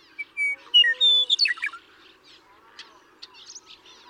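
Western meadowlark song: clear whistled notes followed by a quick gurgling jumble, then quieter chirping birds.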